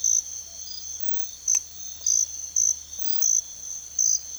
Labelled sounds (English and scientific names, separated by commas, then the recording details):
none
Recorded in secondary vegetation near Puerto Asís, Putumayo, Colombia, on 28 February 2025 at 05:30
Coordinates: 0.500, -76.326
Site GP04